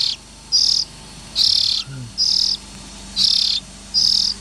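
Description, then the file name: Oriental magpie-robin calling in short, buzzy, hissing rasps in quick succession, over a steady low hum. Young Oriental magpie-robins (chích chòe than non). "Tieng chim chich choe than non"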